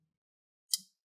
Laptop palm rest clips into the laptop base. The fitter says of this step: push down these clips on the front end, right on the bottom. Make sure those tiny click sounds.